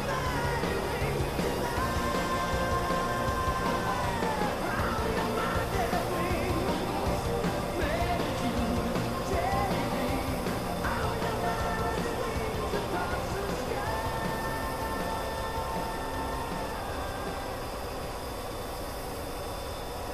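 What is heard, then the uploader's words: Inside an F-14 Tomcat cockpit, a dense, steady roar fills the whole recording with a heavy low rumble. Thin whining tones drift and bend above it, sliding up and down around the third second, near the ninth, and again from fourteen to seventeen seconds, while the level eases slightly toward the end. Flying an F-14 Tomcat with Maverick and Iceman || Top Gun Ambience. Cockpit of an F-14 Tomcat cruising the blue skies.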